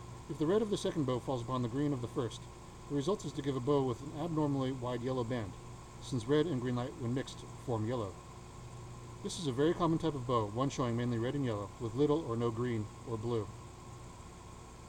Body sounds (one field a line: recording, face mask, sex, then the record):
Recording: reading aloud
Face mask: surgical mask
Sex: male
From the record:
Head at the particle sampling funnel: tilted down, bridge of the nose in front of it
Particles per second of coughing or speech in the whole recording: 2.26